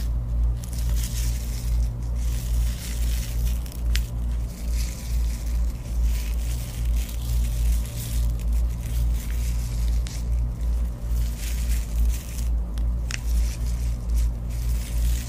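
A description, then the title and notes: Long nails scratch and tap across objects in a dense, continuous rustle that barely lets up. Sharper clicks stand out now and then, around the fourth, tenth and thirteenth seconds. A steady low hum runs underneath throughout. Tapping and scratching on many new objects, with my super long nails.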